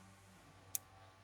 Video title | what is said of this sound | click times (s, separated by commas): DJI Mini 4 Pro: The Unboxing That Changed Everything | Okay, that feels like it's all the way in. And I heard the click little bit in the middle goes in there. | 0.8 s